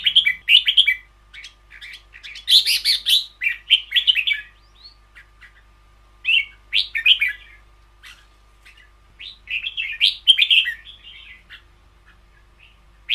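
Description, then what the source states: Red-whiskered bulbul song: repeated lively warbled phrases of chirpy, rolling notes, coming in clusters with brief gaps, some phrases louder and fuller than others. Song style called 'long double'.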